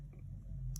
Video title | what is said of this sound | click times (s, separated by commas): ZT 0562: Big Boy Slicer | you see how it clicked in right there that's the detent so | 0.8 s